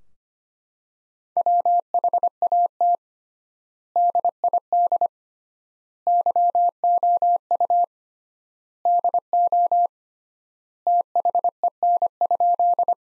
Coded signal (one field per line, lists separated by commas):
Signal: Morse code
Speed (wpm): 25 wpm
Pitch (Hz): 700 Hz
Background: none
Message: WHAT DID YOU DO THEN?